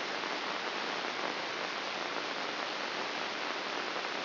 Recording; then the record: brain microelectrode recording played as sound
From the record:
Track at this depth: inside the subthalamic nucleus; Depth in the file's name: 5.861 mm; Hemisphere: left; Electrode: 3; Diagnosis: Parkinson's disease